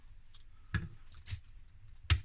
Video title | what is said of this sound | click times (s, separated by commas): Transformers WFC Siege - Galaxy Convoy Review | that that clicks into place like so and then | 2.1 s